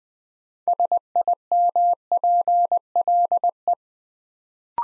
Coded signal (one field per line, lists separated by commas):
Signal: Morse code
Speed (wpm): 20 wpm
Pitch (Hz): 700 Hz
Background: none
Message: SIMPLE